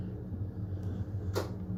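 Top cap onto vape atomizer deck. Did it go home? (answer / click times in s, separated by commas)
no / none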